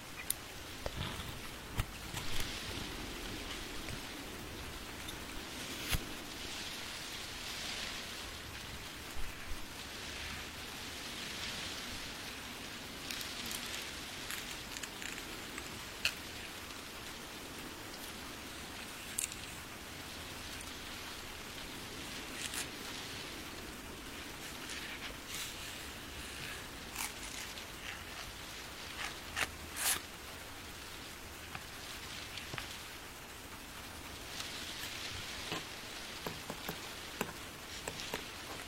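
Rain falls steadily outside, a soft even hiss that swells and eases in slow waves every few seconds. Sharp little ticks and taps of drops striking a surface scatter throughout, bright, over a faint low rumble.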